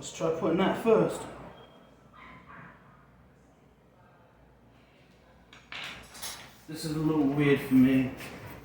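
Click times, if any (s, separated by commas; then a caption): none. Someone talks while handling a plastic part for a 1:12 scale toy vehicle, with light plastic clatter and a sharp tap near 5.5 seconds before more talk. Nothing has seated or clicked yet; the part is not yet home.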